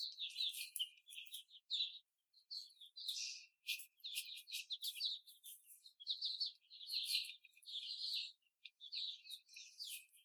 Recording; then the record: young laying hens in a cage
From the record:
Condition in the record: before the stressor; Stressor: simulated dog barking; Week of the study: 4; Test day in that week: 2